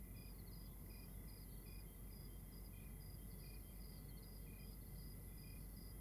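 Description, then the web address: Several crickets trade short high-pitched chirps at a quick, irregular pace above a steady hum and a deep background rumble. Outdoors at night in Rwanda. "Monte Sound - Atmospheres of Rwanda AMB External Rwanda Night Crickets"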